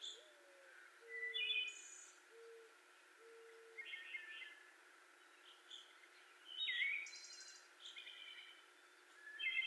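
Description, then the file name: Wood Thrush song: soft low notes, with fluty whistled phrases and high shimmering trills at irregular intervals. Recorded 18 May 2021. "2021-05-18 Wood Thrush"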